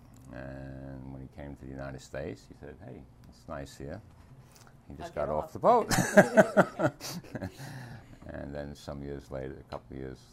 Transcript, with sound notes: And when he came to the United States he said hey, it's nice here. He just got off the boat. (laughs) And then some years later, a couple of years,